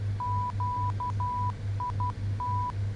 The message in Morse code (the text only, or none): QIT